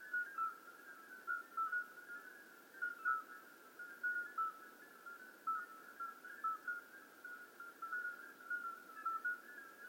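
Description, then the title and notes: Common midwife toads giving short whistled, flute-like notes in a dense chorus, individual peeps standing out above a steady hum of others. Hundreds of toads giving flute-like calls simultaneously at slightly different pitches in an old disused quarry near Lerouville; calling begins at dusk, continues through the night; recorded just after midnight. "Outskirts of Lerouville. Common Midwife Toads. Recorded by Colin Hunter. Music for Sleep project"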